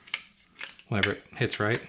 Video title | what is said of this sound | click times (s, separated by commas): Finally Unboxing the Oculus Quest! | I think it may be magnetic because it kind of felt like it clicked but yeah it just clicks back in like that | 0.1 s